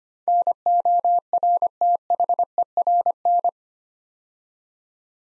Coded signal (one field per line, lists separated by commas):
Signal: Morse code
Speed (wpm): 25 wpm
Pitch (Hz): 700 Hz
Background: none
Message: NORTHERN